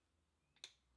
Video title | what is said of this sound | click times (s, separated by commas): How to Service the Engine - Yanmar 1gm10 - Ep6 | at the lower torques it's quite a light click | 0.6 s